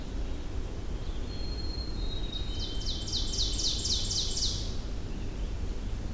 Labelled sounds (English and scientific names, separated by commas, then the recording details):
Ovenbird (Seiurus aurocapilla) song
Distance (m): 40 m
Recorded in boreal forest in Alberta, Canada, on 23 June 2016 at 07:42
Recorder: SongMeter 3, array SBT-6-76
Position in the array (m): 137 m, 160 m
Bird 3